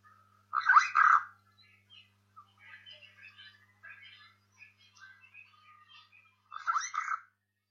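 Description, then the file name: Burchell's starling song: a harsh gurgling burst, then a soft, scratchy chatter of small notes, then another harsh burst near the end. "canto do estorninho de burchell"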